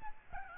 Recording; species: mosquito wingbeat signal from an infrared sensor; Aedes albopictus